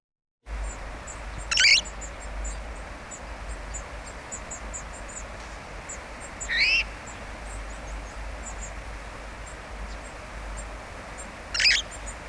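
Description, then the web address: Red-fronted parrot uttering three shrill, rasping calls spaced roughly five seconds apart, against constant hiss and scattered faint high clicks. "parrots poicephalus-gulielmi"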